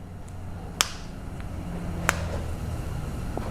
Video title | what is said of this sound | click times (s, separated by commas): NISSAN MURANO KEY FOB BATTERY REPLACEMENT 2008 2009 2010 2011 2012 2013 2014 2015 2016 2017 2018 | until you hear a click. | 0.8 s, 2.1 s